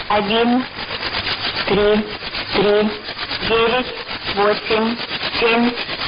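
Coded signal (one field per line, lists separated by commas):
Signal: numbers station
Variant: S06s Russian Lady, Russian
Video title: 02 10 2017 Numbers station S06s Russian Lady in Russian to Eu 1200 on 9145 unknown tx site in CUSB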